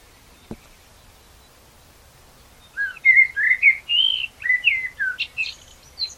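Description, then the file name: Common blackbird song: a single click, then a mellow fluted warble of slurred whistles finishing in a few thin high notes. "Turdus merula"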